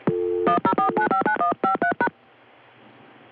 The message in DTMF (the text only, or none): 104959153#